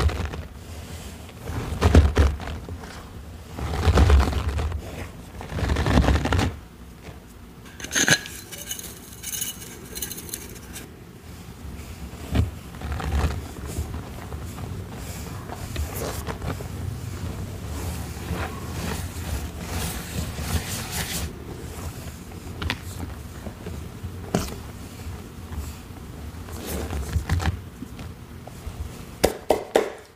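Dyed chalk cubes and cornstarch are crunched and handled, with dense crackling bursts and heavy low thumps in the first six seconds. From about eight seconds on, the sound settles into softer, irregular scraping and mixing of paste, with scattered sharper crunches near the end.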